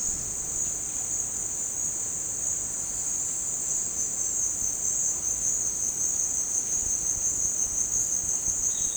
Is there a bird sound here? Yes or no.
no